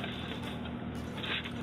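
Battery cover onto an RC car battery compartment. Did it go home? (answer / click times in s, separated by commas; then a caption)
no / none. The plastic battery compartment cover of an RC car is pushed down over its converted 9.6 V battery pack, a cover that sticks out a little and is not a perfect fit. Steady handling noise is heard with a brief light tap around 1.5 s. Nothing has seated or snapped into place yet.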